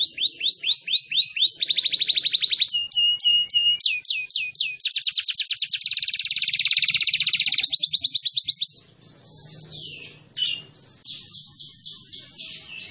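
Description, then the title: Canary singing varied phrases: quick chirp runs, rattling trills and dense buzzy rolls, ending in softer warbled and whistled notes. Lively singing. "Kenari Gacor"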